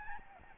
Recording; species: mosquito wingbeat signal from an infrared sensor; Aedes albopictus